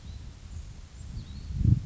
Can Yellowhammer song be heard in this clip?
no